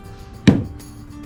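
The rear wiper blade on the rear wiper arm of a 2014 Lexus RX 350 SUV is snapped off by hand a second time. A single sharp plastic click at 0.5 s marks the blade's retainer letting go. The blade is released from its mount.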